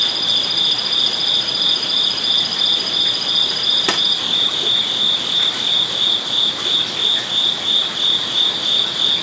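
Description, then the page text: Crickets trilling in a constant high chorus, with a second higher cricket voice joining for the first few seconds and a brief sharp click near the middle. Crickets at night in a zen garden beside a koi pond in Kyoto, Japan; outdoor ambience. "Zen Garden Night Crickets Japan. amb crickets koipond Kyoto zen garden night Japan: Zen garden, Kyoto, Japan. Koi pond, crickets ambience, night time"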